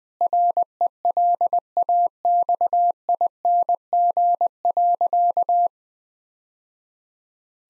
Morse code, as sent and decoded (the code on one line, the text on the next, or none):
.-. . .-.. .- -..- .. -. --. .-.-.-
RELAXING.